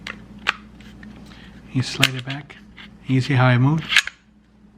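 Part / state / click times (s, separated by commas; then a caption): pistol slide onto frame / seated / 0.5 s. During reassembly after cleaning an FN 5.7x28 pistol, the slide is put back onto the metal pistol frame and slid back easily until it locks into place with a sharp click at 0.5 s. Someone talks throughout.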